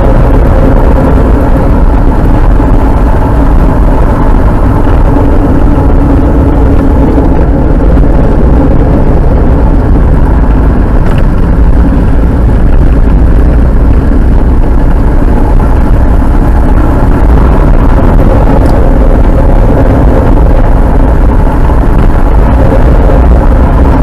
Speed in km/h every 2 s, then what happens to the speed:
61, 59, 52, 41, 35, 32, 29, 27, 25, 46, 58, 64.
0-16 slows to 25. 16-24 speeds up to 64.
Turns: none.